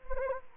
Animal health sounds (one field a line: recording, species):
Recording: mosquito wingbeat signal from an infrared sensor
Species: Anopheles gambiae